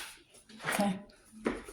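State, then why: Seated. Someone talks while pressing the plastic front grill of a Lasko pedestal fan back onto its rear grill ring, working around the rim so each clip snaps in. A sharp snap is heard at 1.5 s as a grill clip seats into place.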